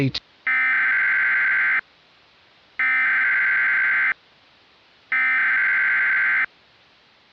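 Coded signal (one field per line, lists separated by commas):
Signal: Emergency Alert System (SAME) tones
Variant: header bursts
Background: speech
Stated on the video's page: Mock EAS scenario with valid tones capable of triggering real activations.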